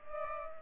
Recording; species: mosquito wingbeat signal from an infrared sensor; Culex pipiens